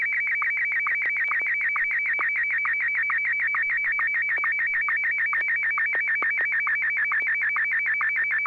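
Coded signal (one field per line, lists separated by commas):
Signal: SSTV (slow-scan television)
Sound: warbling electronic tone sweeping quickly, repeating about four times per second with short chirps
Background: low hum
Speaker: I'll transmit first, since I didn't get a chance to get a photo out last week. I'll get one out,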